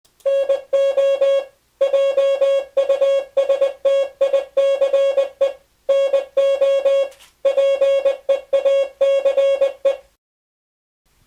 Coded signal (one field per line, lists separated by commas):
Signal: Morse code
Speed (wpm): 20 wpm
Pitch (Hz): 550 Hz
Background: music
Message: NO JUSTICE NO PEACE